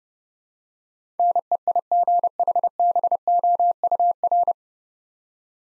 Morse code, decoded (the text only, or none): NEIGHBOUR